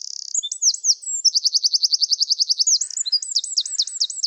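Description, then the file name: Eurasian wren song opens with a rapid buzzy run and a few twisting notes, then a long, fast, even trill, then breaks into sweeping looped phrases. "Troglodytes troglodytes"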